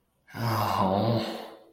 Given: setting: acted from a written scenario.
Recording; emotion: vocal sound without words; shame